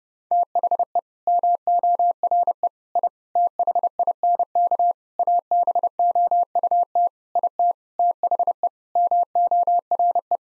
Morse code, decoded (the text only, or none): THE MORE I THINK ABOUT IT THE MORE